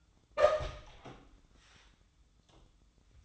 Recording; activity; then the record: daily activity, microphone in the room; open door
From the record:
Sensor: 3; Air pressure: 1004.8 hPa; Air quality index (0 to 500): 75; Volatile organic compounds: 2 ppm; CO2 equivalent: 1131 ppm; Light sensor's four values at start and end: 8/19/8/7 and 8/19/8/7